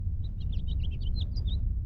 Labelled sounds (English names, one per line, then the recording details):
House Finch song
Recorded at Lawrence on Long Island, New York, on 4 June 1975
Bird F